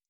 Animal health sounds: hydrophone in a shrimp aquaculture tank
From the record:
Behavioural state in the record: stressed

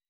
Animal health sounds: hydrophone in a shrimp aquaculture tank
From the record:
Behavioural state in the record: weakened

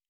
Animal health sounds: hydrophone in a shrimp aquaculture tank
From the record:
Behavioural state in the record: normal

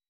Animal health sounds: hydrophone in a shrimp aquaculture tank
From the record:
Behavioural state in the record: weakened

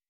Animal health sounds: hydrophone in a shrimp aquaculture tank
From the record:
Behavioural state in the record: weakened

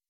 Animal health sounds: hydrophone in a shrimp aquaculture tank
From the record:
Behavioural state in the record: weakened

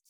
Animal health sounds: hydrophone in a shrimp aquaculture tank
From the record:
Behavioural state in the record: feeding

